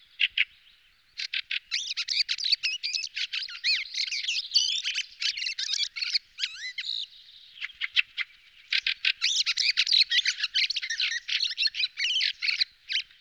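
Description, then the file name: Fieldfare producing a long, squeaky, chattering stream of harsh notes and thin squeals, nearly continuous apart from a pause near the start and a few brief gaps later on. "Fieldfare Thrush"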